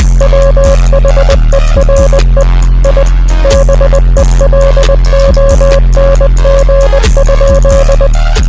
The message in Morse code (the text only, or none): WHERE I BELONG?